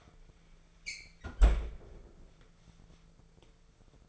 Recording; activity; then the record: daily activity, microphone in the room; close fridge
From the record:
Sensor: 5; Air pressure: 1015.0 hPa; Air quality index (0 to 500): 188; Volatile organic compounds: 8 ppm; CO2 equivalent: 2072 ppm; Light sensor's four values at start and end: 66/154/65/70 and 84/193/85/95